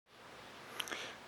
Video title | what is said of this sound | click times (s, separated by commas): BMW E46 Turn Signal Bulb Replacement | it firmly counterclockwise until it locks | 0.8 s